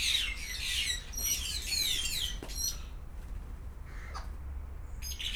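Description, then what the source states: Grey parrot calls: a run of harsh squawks and whistled notes, then quieter clicks and a final screech, over steady low hum. Grey parrot at Szeged Zoo, recorded 2011.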